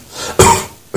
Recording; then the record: coughing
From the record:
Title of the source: Mid-morning Winter Coughing Fit